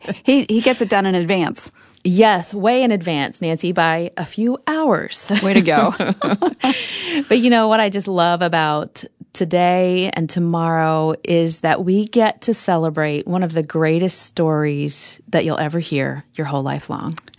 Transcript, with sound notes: He gets it done in advance.
Yes, way in advance... by a few hours.
Way to go! (laughter)
What I just love about today and tomorrow is that we get to celebrate one of the greatest stories you'll ever hear your whole life long.